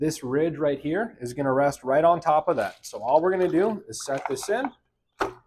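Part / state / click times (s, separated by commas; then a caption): chemical cartridge into spa inline filter holder / seated / 5.2 s. A plastic chemical-dispenser cartridge is set onto its locking holder behind a Sundance spa's inline filter, with its ridge resting on top, while someone talks. After a short pause, one short, sharp click is heard at 5.2 s as the cartridge is pushed in and seats in the holder.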